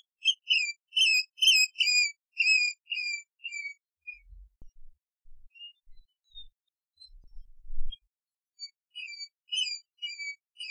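Seabird calls: thin, whistled notes with a sliding, slightly falling pitch, given in quick bursts, then a pause with a few low thumps before the calling resumes.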